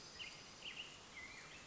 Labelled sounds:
Black-headed Grosbeak
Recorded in Sonoma County, California

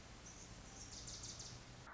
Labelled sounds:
Anna's Hummingbird
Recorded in Sonoma County, California

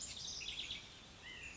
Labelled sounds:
White-breasted Nuthatch
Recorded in Sonoma County, California

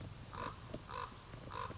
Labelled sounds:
Common Raven
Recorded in Sonoma County, California

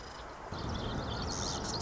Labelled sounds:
Marsh Wren
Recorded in Sonoma County, California

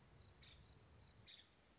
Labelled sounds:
Nuttall's Woodpecker
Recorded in Sonoma County, California

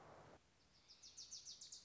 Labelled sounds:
Wilson's Warbler
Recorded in Sonoma County, California

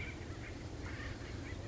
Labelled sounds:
Acorn Woodpecker
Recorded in Sonoma County, California

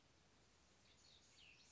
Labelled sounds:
Cassin's Vireo
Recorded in Sonoma County, California

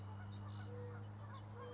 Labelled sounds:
Mourning Dove
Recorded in Sonoma County, California

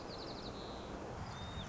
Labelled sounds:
White-crowned Sparrow
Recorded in Sonoma County, California

